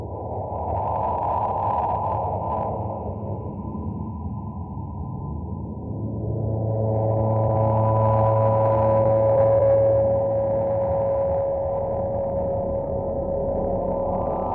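Processed sine tones form a dense, muffled low drone that swells after six seconds, when a thin steady tone and a deep hum join.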